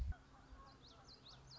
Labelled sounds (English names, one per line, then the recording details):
Common Yellowthroat
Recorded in Sonoma County, California